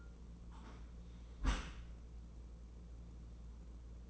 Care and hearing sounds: daily activity, microphone in the room; close dishwasher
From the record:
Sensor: 1

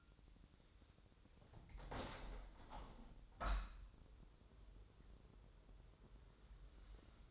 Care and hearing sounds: daily activity, microphone in the room; open window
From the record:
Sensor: 3

